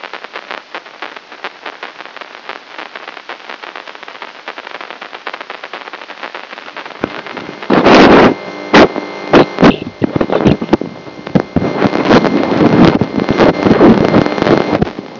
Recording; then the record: brain microelectrode recording played as sound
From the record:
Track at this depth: outside the subthalamic nucleus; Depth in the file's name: 0.001 mm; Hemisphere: left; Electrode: 3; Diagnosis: Parkinson's disease